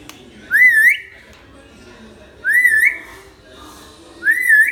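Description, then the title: Hill myna repeating a loud, wavy rising whistle three times, roughly every two seconds, with quiet between. Actively singing (gacor) hill myna; tutor (masteran) recording for training other birds. "Suara Burung Beo Gacor Cocok Untuk Masteran"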